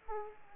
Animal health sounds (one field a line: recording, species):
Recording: mosquito wingbeat signal from an infrared sensor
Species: Aedes aegypti